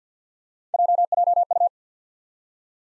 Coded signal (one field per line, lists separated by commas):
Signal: Morse code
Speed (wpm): 50 wpm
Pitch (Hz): 700 Hz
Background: none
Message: JJU